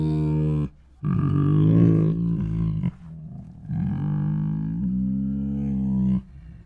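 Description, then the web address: Tiger moaning: a short deep harmonic moan, a pause, then two longer low moans, steady in pitch with a slight waver. Two tigers making many moans, roars and snores. "Sound Ideas Tigers Sound Effects Two Tigers Make Many Moans, Roars and Snores"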